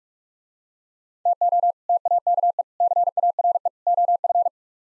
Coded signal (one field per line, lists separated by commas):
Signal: Morse code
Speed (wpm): 41 wpm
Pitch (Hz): 700 Hz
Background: none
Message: TO TAKE CARE OF